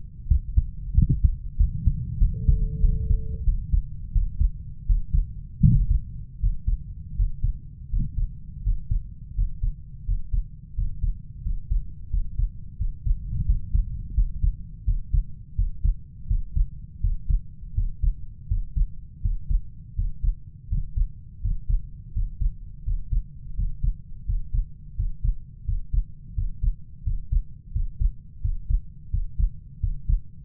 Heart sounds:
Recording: heart sounds by stethoscope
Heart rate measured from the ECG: 85 bpm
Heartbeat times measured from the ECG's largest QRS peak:
0.30 s: heartbeat
0.97 s: heartbeat
1.59 s: heartbeat
2.20 s: heartbeat
2.82 s: heartbeat
3.46 s: heartbeat
4.14 s: heartbeat
4.88 s: heartbeat
5.65 s: heartbeat
6.42 s: heartbeat
7.17 s: heartbeat
7.91 s: heartbeat
8.65 s: heartbeat
9.36 s: heartbeat
10.07 s: heartbeat
10.77 s: heartbeat
11.45 s: heartbeat
12.12 s: heartbeat
12.79 s: heartbeat
13.47 s: heartbeat
14.16 s: heartbeat
14.86 s: heartbeat
15.57 s: heartbeat
16.29 s: heartbeat
17.02 s: heartbeat
17.76 s: heartbeat
18.50 s: heartbeat
19.23 s: heartbeat
19.97 s: heartbeat
20.70 s: heartbeat
21.43 s: heartbeat
22.15 s: heartbeat
22.86 s: heartbeat
23.57 s: heartbeat
24.27 s: heartbeat
24.98 s: heartbeat
25.67 s: heartbeat
26.36 s: heartbeat
27.05 s: heartbeat
27.74 s: heartbeat
28.43 s: heartbeat
29.12 s: heartbeat
29.82 s: heartbeat
From the record:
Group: healthy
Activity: Valsalva maneuver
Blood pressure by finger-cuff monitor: 144/95 mmHg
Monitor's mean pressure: 109 mmHg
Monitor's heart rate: 85 bpm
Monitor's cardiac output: 6.4 L/min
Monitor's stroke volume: 75 mL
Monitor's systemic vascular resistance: 1260 dyn s/cm5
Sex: male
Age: 21 years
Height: 175 cm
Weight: 72.6 kg

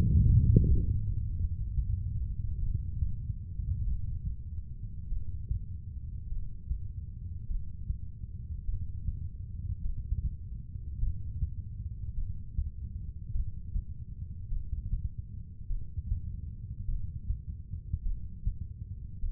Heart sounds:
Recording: heart sounds by stethoscope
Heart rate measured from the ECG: 51 bpm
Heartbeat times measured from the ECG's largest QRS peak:
0.25 s: heartbeat
1.36 s: heartbeat
2.59 s: heartbeat
3.84 s: heartbeat
5.08 s: heartbeat
6.28 s: heartbeat
7.47 s: heartbeat
8.65 s: heartbeat
9.81 s: heartbeat
10.99 s: heartbeat
12.14 s: heartbeat
13.32 s: heartbeat
14.49 s: heartbeat
15.67 s: heartbeat
16.86 s: heartbeat
18.03 s: heartbeat
19.20 s: heartbeat
From the record:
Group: heart failure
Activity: breath hold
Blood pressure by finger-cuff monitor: 84/61 mmHg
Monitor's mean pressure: 69 mmHg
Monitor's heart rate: 51 bpm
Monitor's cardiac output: 2.5 L/min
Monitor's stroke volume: 48 mL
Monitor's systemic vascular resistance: 1990 dyn s/cm5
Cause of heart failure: non-ischemic cardiomyopathy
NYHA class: 1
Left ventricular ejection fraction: 52%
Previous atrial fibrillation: present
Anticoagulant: apixaban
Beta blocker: bisoprolol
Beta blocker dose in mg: 10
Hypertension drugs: sacubitril-valsartan, spironolactone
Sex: female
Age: 68 years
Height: 169 cm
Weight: 71 kg

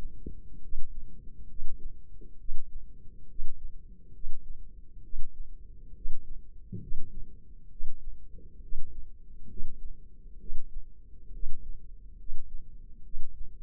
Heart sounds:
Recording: heart sounds by microphone in the left ear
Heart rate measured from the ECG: 68 bpm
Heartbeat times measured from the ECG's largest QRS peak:
0.63 s: heartbeat
1.50 s: heartbeat
2.40 s: heartbeat
3.30 s: heartbeat
4.15 s: heartbeat
5.04 s: heartbeat
5.96 s: heartbeat
6.82 s: heartbeat
7.71 s: heartbeat
8.63 s: heartbeat
9.50 s: heartbeat
10.40 s: heartbeat
11.34 s: heartbeat
12.19 s: heartbeat
13.05 s: heartbeat
From the record:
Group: healthy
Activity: rest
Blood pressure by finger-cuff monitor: 143/88 mmHg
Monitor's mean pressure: 101 mmHg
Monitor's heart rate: 67 bpm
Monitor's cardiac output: 7.6 L/min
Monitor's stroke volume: 113 mL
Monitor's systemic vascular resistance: 990 dyn s/cm5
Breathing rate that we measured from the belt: 21 breaths a minute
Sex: male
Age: 30 years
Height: 188 cm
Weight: 110.2 kg

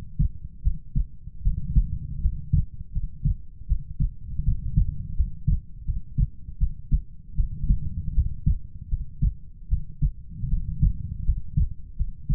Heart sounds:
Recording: heart sounds by stethoscope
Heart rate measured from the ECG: 79 bpm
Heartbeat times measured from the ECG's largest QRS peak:
0.62 s: heartbeat
1.42 s: heartbeat
2.21 s: heartbeat
2.92 s: heartbeat
3.67 s: heartbeat
4.44 s: heartbeat
5.15 s: heartbeat
5.85 s: heartbeat
6.58 s: heartbeat
7.35 s: heartbeat
8.13 s: heartbeat
8.89 s: heartbeat
9.68 s: heartbeat
10.49 s: heartbeat
11.24 s: heartbeat
11.96 s: heartbeat
From the record:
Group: healthy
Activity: rest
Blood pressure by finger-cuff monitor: 104/67 mmHg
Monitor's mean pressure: 80 mmHg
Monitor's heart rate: 80 bpm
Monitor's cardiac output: 6.7 L/min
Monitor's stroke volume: 84 mL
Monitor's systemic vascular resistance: 850 dyn s/cm5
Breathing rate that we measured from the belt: 20 breaths a minute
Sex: female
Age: 19 years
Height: 163 cm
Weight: 48.9 kg

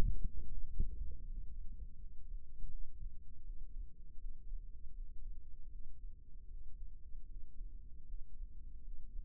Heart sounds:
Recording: heart sounds by microphone in the left ear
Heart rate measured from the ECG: 79 bpm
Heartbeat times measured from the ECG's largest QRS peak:
0.50 s: heartbeat
1.25 s: heartbeat
1.99 s: heartbeat
2.71 s: heartbeat
3.45 s: heartbeat
4.21 s: heartbeat
4.95 s: heartbeat
5.71 s: heartbeat
6.49 s: heartbeat
7.29 s: heartbeat
8.08 s: heartbeat
8.84 s: heartbeat
From the record:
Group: healthy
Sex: male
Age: 22 years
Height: 181 cm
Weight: 79 kg

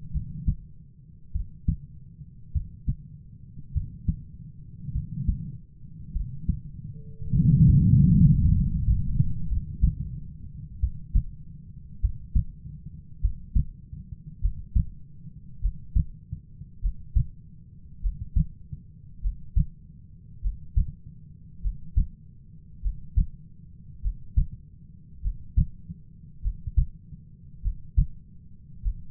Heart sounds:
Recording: heart sounds by stethoscope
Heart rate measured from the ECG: 50 bpm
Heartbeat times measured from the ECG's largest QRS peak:
0.11 s: heartbeat
1.31 s: heartbeat
2.51 s: heartbeat
3.71 s: heartbeat
4.91 s: heartbeat
6.11 s: heartbeat
7.31 s: heartbeat
8.50 s: heartbeat
9.45 s: heartbeat
10.78 s: heartbeat
11.98 s: heartbeat
13.19 s: heartbeat
14.39 s: heartbeat
15.59 s: heartbeat
16.79 s: heartbeat
17.99 s: heartbeat
19.19 s: heartbeat
20.39 s: heartbeat
21.59 s: heartbeat
22.79 s: heartbeat
23.99 s: heartbeat
25.19 s: heartbeat
26.39 s: heartbeat
27.60 s: heartbeat
28.80 s: heartbeat
From the record:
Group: heart failure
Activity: rest 0-10 s, breath hold 10-29 s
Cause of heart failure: dilated cardiomyopathy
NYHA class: 3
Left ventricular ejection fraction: 27%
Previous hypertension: present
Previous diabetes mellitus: present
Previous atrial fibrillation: present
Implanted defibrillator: present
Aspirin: present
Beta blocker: bisoprolol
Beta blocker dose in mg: 1.25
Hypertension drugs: sacubitril-valsartan, spironolactone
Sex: female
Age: 39 years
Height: 170 cm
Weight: 64 kg

